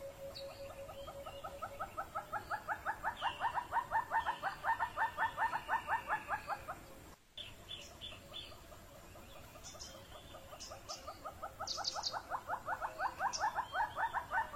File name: Canto do calaus de monteiros